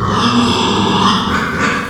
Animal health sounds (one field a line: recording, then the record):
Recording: squeal of a Yucatan mini pig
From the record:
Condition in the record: after surgery on the right vocal fold (resection and tissue-engineered implant)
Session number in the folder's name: 15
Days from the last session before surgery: 175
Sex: female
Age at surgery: 19 weeks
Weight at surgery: 25 kg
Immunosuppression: prednisolone